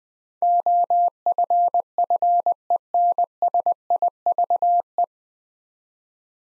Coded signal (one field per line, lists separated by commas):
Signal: Morse code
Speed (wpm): 20 wpm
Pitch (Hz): 700 Hz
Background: none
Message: OFFENSIVE